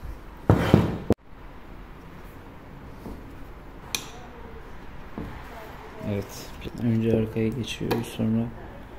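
A plastic part is being fitted into the variator assembly of a Yamaha N Max 125 scooter during reassembly, with its back edge hooked in first. Handling knocks and scrapes are heard while someone talks. Nothing has seated or clicked yet.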